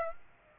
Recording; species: mosquito wingbeat signal from an infrared sensor; Aedes aegypti